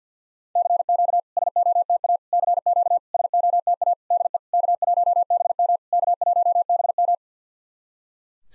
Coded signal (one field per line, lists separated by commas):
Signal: Morse code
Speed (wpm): 50 wpm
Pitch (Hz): 700 Hz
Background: none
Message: CQ SOTA CQ SOTA DE K1BM K1BM